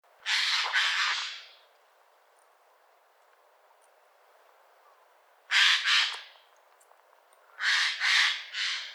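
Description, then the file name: Eurasian jay uttering a drawn-out hoarse screech, then after a long quiet gap a pair and a trio of harsh rasping calls. "Garrulus glandarius"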